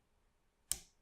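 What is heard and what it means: Pushing on the back of a plastic transforming robot toy's head locks it into the torso with a single loud, sharp snap at 0.7 s after near silence, the bright, broadband crack fading out over about a quarter second. The head is seated and locked in place.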